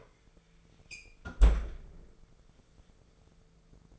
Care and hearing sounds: daily activity, microphone in the room; close fridge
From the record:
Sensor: 5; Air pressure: 1015.0 hPa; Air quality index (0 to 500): 185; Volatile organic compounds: 7 ppm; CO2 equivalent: 2037 ppm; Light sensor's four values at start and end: 94/217/95/106 and 90/207/91/102

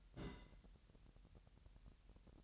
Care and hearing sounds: daily activity, microphone in the room; place on stove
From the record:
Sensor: 3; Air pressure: 1002.0 hPa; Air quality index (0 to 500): 248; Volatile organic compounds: 50 ppm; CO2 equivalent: 3299 ppm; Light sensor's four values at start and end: 6/15/6/6 and 6/15/6/6

